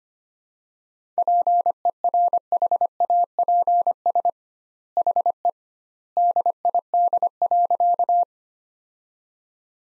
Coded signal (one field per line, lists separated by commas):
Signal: Morse code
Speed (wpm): 25 wpm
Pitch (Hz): 700 Hz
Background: none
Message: PERHAPS HE DID.